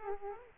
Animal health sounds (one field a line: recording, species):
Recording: mosquito wingbeat signal from an infrared sensor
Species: Aedes aegypti